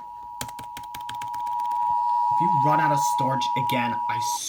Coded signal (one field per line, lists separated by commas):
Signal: Emergency Alert System (SAME) tones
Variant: 853 and 960 Hz attention tone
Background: speech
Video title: EAS 106 FIRE WARNING